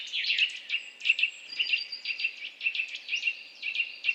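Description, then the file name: Eurasian nuthatch delivering rapid, high chirps in a continuous chattering sequence. "Sitta europaea"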